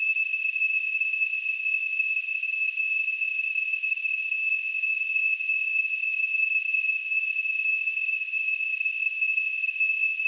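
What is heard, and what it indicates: A simulated tinnitus sound: a steady, continuous high-pitched tone.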